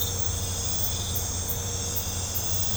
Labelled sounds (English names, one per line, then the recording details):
none
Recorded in pastures near Puerto Asís, Putumayo, Colombia, on 16 December 2024 at 00:00
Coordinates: 0.502, -76.324
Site G077